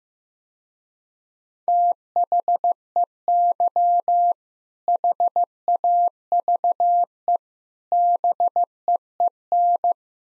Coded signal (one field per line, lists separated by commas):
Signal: Morse code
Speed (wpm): 15 wpm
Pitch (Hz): 700 Hz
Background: none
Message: THEY HAVE BEEN